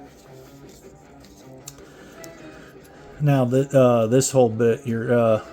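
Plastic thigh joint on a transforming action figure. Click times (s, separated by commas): 1.7 s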